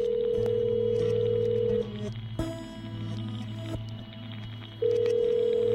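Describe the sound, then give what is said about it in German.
A telephone rings with two long, steady electronic tones separated by a pause of a few seconds, over a constant low hum. Nobody speaks. “13. Telefonat.”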